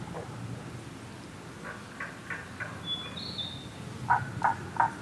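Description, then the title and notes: Tago's brown frog calling with three short, low, pulsed notes near the end, each about a third of a second apart, while a bird whistles high thin notes just before and forest noise hisses. Subspecies Rana tagoi tagoi, recorded in Kasugayama primeval forest, Nara, Japan, on 21 May 2017. "170521Rana tagoi tagoi in Kasugayama primeval forest by ototamari"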